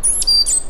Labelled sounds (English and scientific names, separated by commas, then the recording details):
Stitchbird (Notiomystis cincta) song
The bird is a male
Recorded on Tiritiri Matangi Island, New Zealand, in 2005
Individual 1, of nest box 1